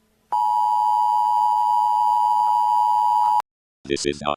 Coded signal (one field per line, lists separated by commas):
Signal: Emergency Alert System (SAME) tones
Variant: 853 and 960 Hz attention tone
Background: speech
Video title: Interdimensional Beings Update | EAS